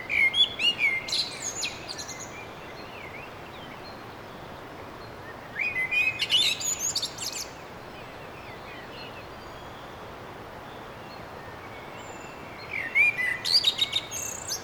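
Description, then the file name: Common blackbird song in three separate phrases, each of fluty whistles trailing into high squeaky twitters, spaced several seconds apart over steady background hiss. "Merle"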